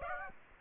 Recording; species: mosquito wingbeat signal from an infrared sensor; Aedes aegypti